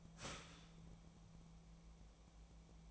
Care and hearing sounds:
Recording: daily activity, microphone in the room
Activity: start toaster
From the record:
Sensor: 1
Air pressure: 1000.3 hPa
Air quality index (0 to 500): 159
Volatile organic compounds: 3 ppm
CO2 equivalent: 1491 ppm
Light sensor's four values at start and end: 27/67/28/34 and 27/68/28/34

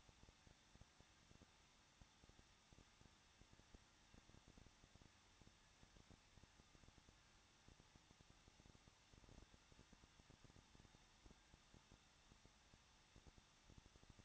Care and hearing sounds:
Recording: daily activity, microphone in the room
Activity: no activity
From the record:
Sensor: 3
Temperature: 21.2 degrees Celsius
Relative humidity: 36.2%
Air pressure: 1006.4 hPa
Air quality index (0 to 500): 221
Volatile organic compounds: 40 ppm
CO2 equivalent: 3146 ppm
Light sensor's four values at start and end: 2/3/2/2 and 2/3/2/2

